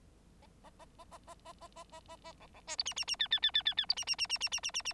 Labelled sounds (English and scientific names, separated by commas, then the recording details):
Bengalese Finch (Lonchura striata domestica) song
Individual Bird9